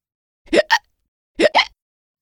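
Two hiccups about a second apart, each a sharp, abrupt voiced gulp split into two quick parts. Hiccups come from sudden spasms of the diaphragm, the big breathing muscle at the bottom of the chest. Once they start they can be hard to stop.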